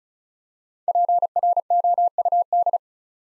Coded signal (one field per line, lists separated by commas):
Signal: Morse code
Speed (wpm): 36 wpm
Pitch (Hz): 700 Hz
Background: none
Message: PROUD